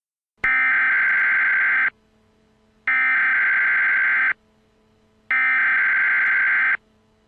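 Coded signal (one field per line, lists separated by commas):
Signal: Emergency Alert System (SAME) tones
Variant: header bursts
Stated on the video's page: Homemade simulated EAS hurricane warning, not a real broadcast.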